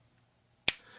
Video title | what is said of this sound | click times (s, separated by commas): This Multitool CHANGED the Game – Here’s Why! (BIBURY Pliers Pro) | Nice. Poppy open right there. Bam. Click in place. | 0.7 s